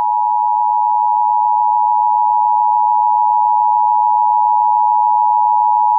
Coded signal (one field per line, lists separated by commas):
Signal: Emergency Alert System (SAME) tones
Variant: 853 and 960 Hz attention tone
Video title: EAS Required Monthly Test Washington DC WTOP-FM +WeatherSTAR4000 (June 2020)